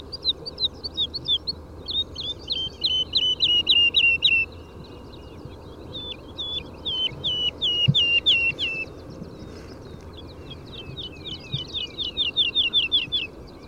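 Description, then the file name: Woodlark song with several phrases of repeated mellow notes, each series running steadily before a brief pause and the next; faint background hiss. Nominate subspecies Lullula arborea arborea. "Boomleeuwerik Lullula arborea arborea"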